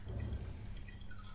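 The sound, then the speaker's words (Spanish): Water dripping, a few soft, scattered drops plinking at a slightly high pitch over a steady low rumble. “Agua.”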